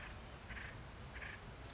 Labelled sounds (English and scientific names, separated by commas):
Acorn Woodpecker (Melanerpes formicivorus)